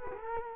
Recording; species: mosquito wingbeat signal from an infrared sensor; Culex quinquefasciatus